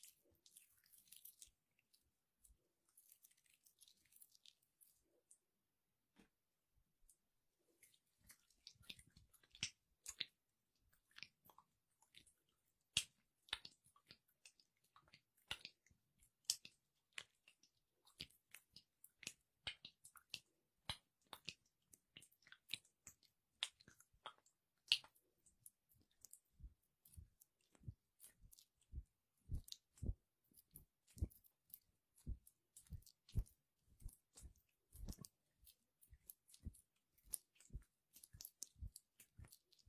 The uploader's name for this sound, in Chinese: 芦荟凝胶搓手手